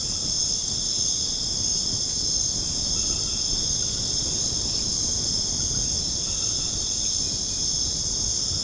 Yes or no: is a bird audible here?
no